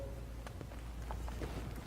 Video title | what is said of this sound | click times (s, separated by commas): ZF Conductor Plate Replacement - Dodge Charger | right there it locked into place now and so now I'll kind of push on that | 1.1 s